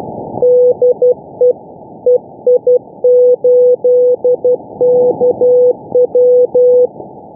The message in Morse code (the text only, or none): DE EI8KW